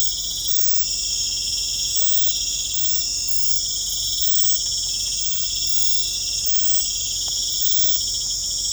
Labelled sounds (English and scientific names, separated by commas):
none